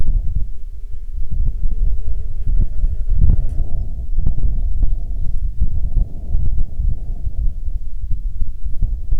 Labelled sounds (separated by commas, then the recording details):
wind, insects
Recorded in Ivvavik National Park, Yukon, on 2 July 2019 at 16:04
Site SINP09